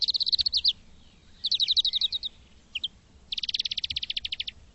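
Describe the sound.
Bird calling in fast, high trills of quick chirps, three separate bursts with brief pauses and two lone notes between, the last trill longest.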